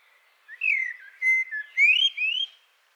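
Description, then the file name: Common blackbird song: a clear fluty phrase of whistled notes that ends in higher, rising squeaky whistles. "Turdus merula"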